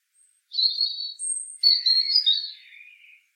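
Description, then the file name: European robin delivering one flowing phrase: sustained thin whistles that drop into lower, wavering warbles, fading at the end. "Erithacus rubecula"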